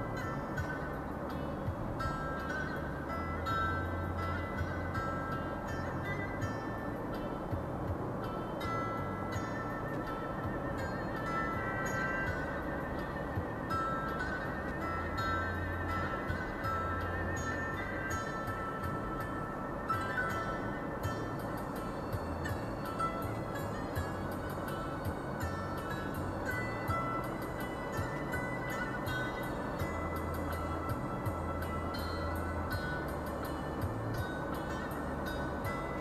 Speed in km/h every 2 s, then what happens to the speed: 60, 61, 61, 63, 65, 65, 65, 64, 64, 63, 63, 63, 63, 64, 65, 65, 66, 66.
0-36 steady at about 64.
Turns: none.